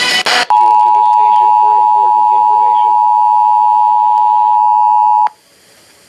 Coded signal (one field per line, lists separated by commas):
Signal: Emergency Alert System (SAME) tones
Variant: 853 and 960 Hz attention tone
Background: speech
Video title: Shasta's RMT (EAS #3544-3555)